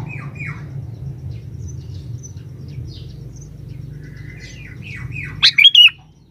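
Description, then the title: Sooty-headed bulbul singing: faint falling notes open, scattered soft chirps follow, then a brief, loud, bubbly phrase of several notes near the end, with steady low hum beneath. "Kutilang"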